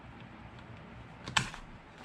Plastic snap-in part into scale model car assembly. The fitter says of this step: Just like that, it snaps right in place.